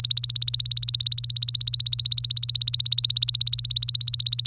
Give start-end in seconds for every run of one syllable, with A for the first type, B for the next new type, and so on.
0.00-4.46 A